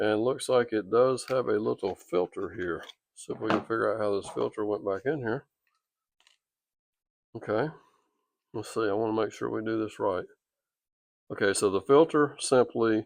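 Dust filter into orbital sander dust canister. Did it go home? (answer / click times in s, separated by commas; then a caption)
no / none. Someone talks while handling the small dust filter from the dust canister of an AlloyMan 5-inch orbital sander, working out how it goes back in and lining it up. During a pause, two faint short ticks occur at about 6.2 and 6.3 seconds. The filter has not snapped into place yet.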